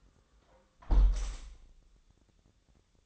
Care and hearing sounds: daily activity, microphone in the room; close window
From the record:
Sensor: 3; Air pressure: 1000.5 hPa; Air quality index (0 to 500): 174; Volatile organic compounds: 3 ppm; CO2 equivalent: 1503 ppm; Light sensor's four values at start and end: 13/34/13/15 and 13/34/13/15

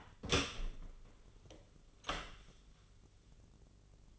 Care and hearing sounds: daily activity, microphone in the room; open door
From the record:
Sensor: 4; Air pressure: 1010.0 hPa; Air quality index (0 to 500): 189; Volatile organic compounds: 3 ppm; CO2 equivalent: 1356 ppm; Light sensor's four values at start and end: 34/83/34/36 and 32/77/32/34

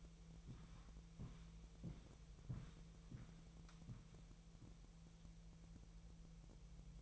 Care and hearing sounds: daily activity, microphone in the room; walk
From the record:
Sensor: 1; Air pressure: 1002.1 hPa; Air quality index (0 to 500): 235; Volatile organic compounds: 90 ppm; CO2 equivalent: 3681 ppm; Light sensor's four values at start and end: 8/18/7/9 and 8/19/8/9

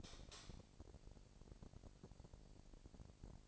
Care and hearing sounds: daily activity, microphone in the room; light off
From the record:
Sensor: 5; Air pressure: 1002.0 hPa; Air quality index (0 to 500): 246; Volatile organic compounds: 45 ppm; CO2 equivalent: 3224 ppm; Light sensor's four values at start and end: 16/39/16/17 and 16/38/16/17

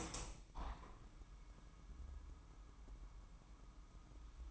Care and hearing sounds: daily activity, microphone in the room; open window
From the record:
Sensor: 1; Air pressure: 998.0 hPa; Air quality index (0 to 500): 136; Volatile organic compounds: 4 ppm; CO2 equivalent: 1624 ppm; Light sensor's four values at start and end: 16/55/22/22 and 16/55/22/22

